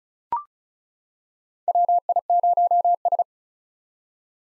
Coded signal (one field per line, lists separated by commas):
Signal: Morse code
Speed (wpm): 34 wpm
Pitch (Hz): 700 Hz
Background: none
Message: WI0S